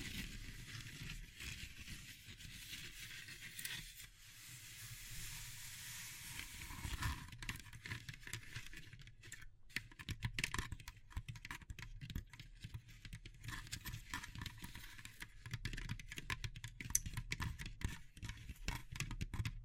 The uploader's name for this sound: Natural Triggers Wood, Bamboo and Straw